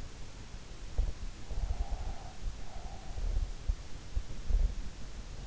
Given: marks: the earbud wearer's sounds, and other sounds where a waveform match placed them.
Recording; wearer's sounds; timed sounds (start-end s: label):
sounds in sleep by an in-ear microphone; breath
1.48-3.42 s: breath